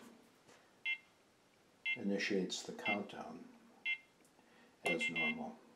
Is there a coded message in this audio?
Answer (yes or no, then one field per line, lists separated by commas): no